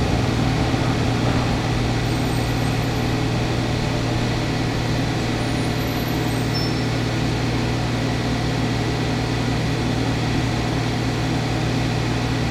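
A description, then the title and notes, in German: Station life carried by a steady, idling engine rumble with a strong low hum that never lets up. The sound is dense and even throughout, with a faint hiss above and only a few tiny high squeaks; no separate events stand out. Bahnhofleben.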